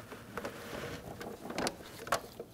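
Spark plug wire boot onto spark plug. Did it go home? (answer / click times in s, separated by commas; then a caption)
yes / 2.1 s. An ignition wire boot is guided onto the cylinder one spark plug of a 1997-2006 Jeep Wrangler 2.4L L4 and pushed down until it pops on. Soft rubbing and handling noises with a few light taps lead up to a sharp pop at 2.1 s as the boot seats on the plug.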